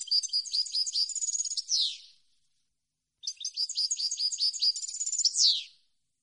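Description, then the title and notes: European goldfinch song: two rapid twittering phrases of tinkling, buzzy notes, each ending in a loud descending slur, separated by a short pause; no other sounds. Clean goldfinch song recording on CD, made for song training of birds to copy. "Cd de canto de jilguero limpio para copia."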